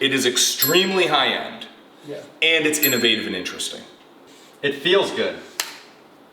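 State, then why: Seated. People talk for most of the clip while a chess piece is pushed into its spot on a wall-mounted chess board. At 5.6 s a single short, sharp click is heard as the piece locks in place, seated.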